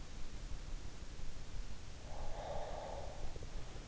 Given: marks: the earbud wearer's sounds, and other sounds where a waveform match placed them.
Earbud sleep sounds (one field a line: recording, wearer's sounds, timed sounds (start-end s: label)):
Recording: sounds in sleep by an in-ear microphone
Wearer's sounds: breath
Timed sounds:
2.04-3.63 s: breath